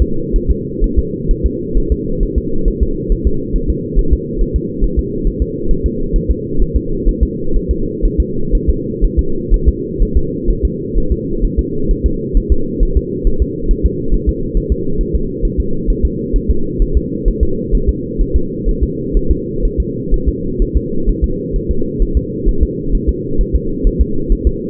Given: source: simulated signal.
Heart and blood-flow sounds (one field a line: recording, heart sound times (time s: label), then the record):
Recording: fetal heart sounds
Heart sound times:
0.02 s: S2
0.36 s: S1
0.51 s: S2
0.84 s: S1
0.99 s: S2
1.31 s: S1
1.46 s: S2
1.77 s: S1
1.92 s: S2
2.23 s: S1
2.38 s: S2
2.68 s: S1
2.83 s: S2
3.12 s: S1
3.27 s: S2
3.56 s: S1
3.70 s: S2
3.99 s: S1
4.13 s: S2
4.41 s: S1
4.56 s: S2
4.84 s: S1
4.99 s: S2
5.27 s: S1
5.42 s: S2
5.71 s: S1
5.86 s: S2
6.16 s: S1
6.31 s: S2
6.62 s: S1
6.76 s: S2
7.09 s: S1
7.23 s: S2
7.56 s: S1
7.71 s: S2
8.05 s: S1
8.20 s: S2
8.55 s: S1
8.70 s: S2
9.05 s: S1
9.19 s: S2
9.54 s: S1
9.68 s: S2
10.02 s: S1
10.17 s: S2
10.50 s: S1
10.65 s: S2
10.98 s: S1
11.12 s: S2
11.45 s: S1
11.59 s: S2
11.91 s: S1
12.06 s: S2
12.37 s: S1
12.52 s: S2
12.83 s: S1
12.97 s: S2
13.27 s: S1
13.42 s: S2
13.71 s: S1
13.86 s: S2
14.14 s: S1
14.29 s: S2
14.57 s: S1
14.72 s: S2
15.01 s: S1
15.16 s: S2
15.45 s: S1
15.60 s: S2
15.90 s: S1
16.05 s: S2
16.36 s: S1
16.51 s: S2
16.82 s: S1
16.97 s: S2
17.28 s: S1
17.43 s: S2
17.75 s: S1
17.89 s: S2
18.21 s: S1
18.36 s: S2
18.69 s: S1
18.83 s: S2
19.17 s: S1
19.31 s: S2
19.65 s: S1
19.80 s: S2
20.14 s: S1
20.28 s: S2
20.62 s: S1
20.77 s: S2
21.09 s: S1
21.24 s: S2
21.56 s: S1
21.71 s: S2
22.02 s: S1
22.17 s: S2
22.48 s: S1
22.63 s: S2
22.95 s: S1
23.09 s: S2
23.41 s: S1
23.55 s: S2
23.87 s: S1
24.01 s: S2
24.32 s: S1
24.47 s: S2
From the record:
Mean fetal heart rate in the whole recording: 130 bpm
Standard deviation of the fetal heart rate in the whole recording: 4 bpm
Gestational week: 38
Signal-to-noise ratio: -8.1 dB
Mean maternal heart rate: 72 bpm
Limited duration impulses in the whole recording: absent